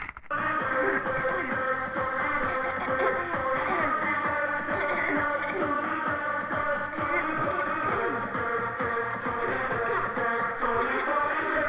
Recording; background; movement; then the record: throat clearing; music; sitting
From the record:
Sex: female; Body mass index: 18.3 kg/m2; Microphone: on the chest, facing the body